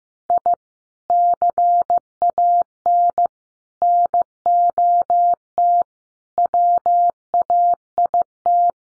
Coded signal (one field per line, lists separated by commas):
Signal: Morse code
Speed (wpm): 15 wpm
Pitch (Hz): 700 Hz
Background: none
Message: I CAN NOT WAIT